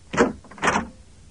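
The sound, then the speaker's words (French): A door moves twice in quick succession, two short, fairly loud scraping bursts about half a second apart, with no voices. “Répétez, voici la porte.”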